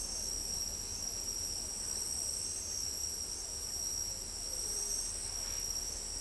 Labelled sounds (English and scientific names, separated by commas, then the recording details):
none
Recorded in pastures near Pivijay, Magdalena, Colombia, on 1 June 2023 at 00:00
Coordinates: 10.456, -74.369
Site P6-G026